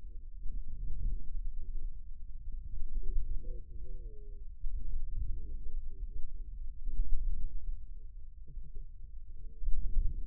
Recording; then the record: forearm muscle sounds (acoustic myography)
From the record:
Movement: inward rotation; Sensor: system 2, bracelet of six BSWA MPA416 microphones around the upper forearm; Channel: 1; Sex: male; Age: 22 years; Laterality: right